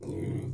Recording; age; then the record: pig call; weaner (32 to 43 days)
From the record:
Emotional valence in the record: negative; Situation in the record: novel object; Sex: female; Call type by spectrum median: low-frequency call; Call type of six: low-frequency stable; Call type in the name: low-frequency stable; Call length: 0.54 s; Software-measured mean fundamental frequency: 48 Hz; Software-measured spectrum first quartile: 125 Hz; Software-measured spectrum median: 225 Hz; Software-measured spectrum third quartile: 404 Hz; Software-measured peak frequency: 134 Hz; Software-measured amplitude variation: 159 dB a second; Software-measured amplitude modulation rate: 24.8 a second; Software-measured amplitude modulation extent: 6.4 dB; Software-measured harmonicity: 1.9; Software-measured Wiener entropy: -0.22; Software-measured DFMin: 1112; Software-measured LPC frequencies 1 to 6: 321, 2074, 3177, 3894, 5262, 5929 Hz